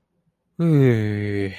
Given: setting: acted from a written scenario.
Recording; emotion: vocal sound without words; serenity